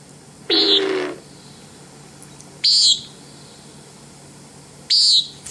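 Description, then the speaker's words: Common nighthawk giving a harsh, nasal buzzy peent three times, about every two seconds. Played recording presented as the song (peent) and wing sound. "This is the song and the wing sound. So let's see if we can take a listen here to this, the common nighthawk."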